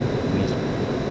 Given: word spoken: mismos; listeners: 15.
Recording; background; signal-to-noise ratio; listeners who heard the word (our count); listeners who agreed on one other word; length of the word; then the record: one Spanish word in noise, from a listening test; speech-shaped noise; -7.0 dB; 0 of 15; 8 of 15; 0.70 s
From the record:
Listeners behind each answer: 8, 1, 1, 1, 1, 1, 1, 1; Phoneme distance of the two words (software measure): 7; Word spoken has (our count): 2 syllables, 6 phonemes, stress on syllable 1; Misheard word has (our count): 2 syllables, 5 phonemes, stress on syllable 1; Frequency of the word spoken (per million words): 137.69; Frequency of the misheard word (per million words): 857.02